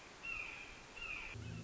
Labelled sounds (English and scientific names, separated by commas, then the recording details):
Red-shouldered Hawk (Buteo lineatus)
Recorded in Sonoma County, California